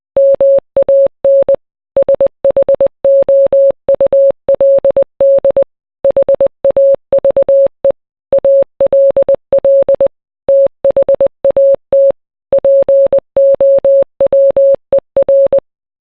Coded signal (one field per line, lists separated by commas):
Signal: Morse code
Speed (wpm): 20 wpm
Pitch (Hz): 550 Hz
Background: none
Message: MAN SHOULD HAVE ALL THAT POWER